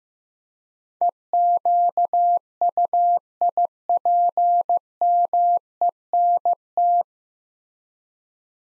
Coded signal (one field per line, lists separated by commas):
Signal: Morse code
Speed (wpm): 15 wpm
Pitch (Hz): 700 Hz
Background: none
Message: EQUIPMENT